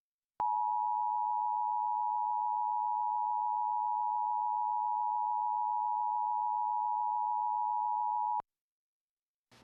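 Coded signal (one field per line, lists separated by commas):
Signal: Emergency Alert System (SAME) tones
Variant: 853 and 960 Hz attention tone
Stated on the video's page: Severe Thunderstorm Warning alert tones carried on a television station's digital subchannel.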